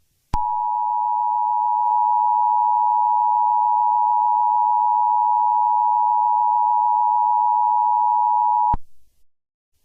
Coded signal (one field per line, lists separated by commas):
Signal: Emergency Alert System (SAME) tones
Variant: 853 and 960 Hz attention tone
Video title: Eas scenario 3 solar eclipse